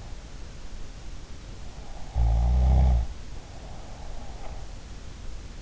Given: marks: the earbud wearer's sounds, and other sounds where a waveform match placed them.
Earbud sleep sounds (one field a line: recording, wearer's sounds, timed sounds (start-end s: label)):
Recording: sounds in sleep by an in-ear microphone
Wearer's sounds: snoring breath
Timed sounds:
1.99-4.54 s: snoring breath